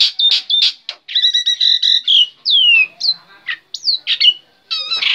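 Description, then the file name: Black-winged myna song, harsh buzzy bursts and rattles alternating with loud slurred whistles. Singing persistently (gacor); local name jalak putih. "suara jalak putih gacor"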